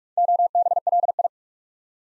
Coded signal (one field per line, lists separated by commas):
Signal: Morse code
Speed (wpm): 44 wpm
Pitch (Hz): 700 Hz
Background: none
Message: OBLI